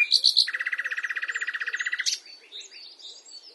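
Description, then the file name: Common nightingale song: a few bright notes, then a low, rapid, buzzing rattle held for well over a second before soft chirps follow. "Luscinia megarhynchos"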